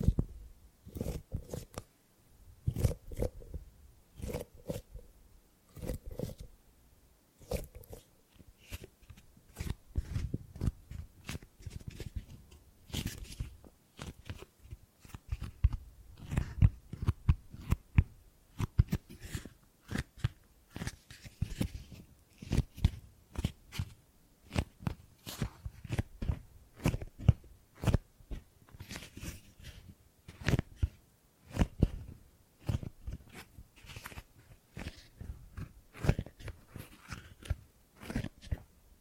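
Gripping and grabbing sounds: a rapid, uneven run of short crunchy and rustling handling noises that fills the whole clip. Sharp clicks and thumps arrive several times a second with brief gaps, some with a low thud, others brighter and scratchier.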